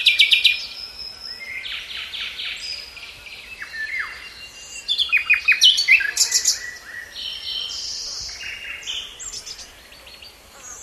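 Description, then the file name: Common nightingale song with loud opening notes, buzzy trills, descending whistles and a rapid repeated-note burst. "Luscinia megarhynchos"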